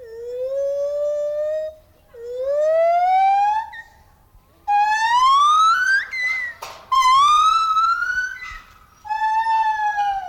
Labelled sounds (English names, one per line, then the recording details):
Lar Gibbon call
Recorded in captivity
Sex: pair
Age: adult
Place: Tiergarten Nürnberg, Bayern, DE
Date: 1995-09-08
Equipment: Nagra SN, Sennheiser ME 80, Kopie Uher 4000 Report Monitor
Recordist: Tembrock, Günter